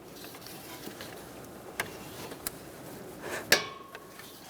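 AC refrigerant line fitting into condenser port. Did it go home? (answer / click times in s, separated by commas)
yes / 3.5 s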